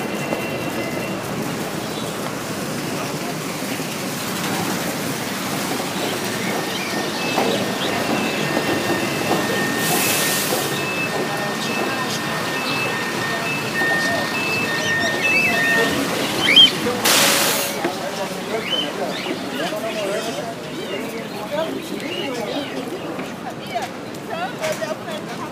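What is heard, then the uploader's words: City market and port bustle: steady crowd chatter with scattered tones, two sharp bright bursts near ten and seventeen seconds, faint vehicle hum. Later, Thaís Aragão selected moments from the set of sounds recorded during the collective intervention (using Roland R-09HR and mobile phones), from which Germán Gras developed a poetic four-minute piece. The city market and the port region.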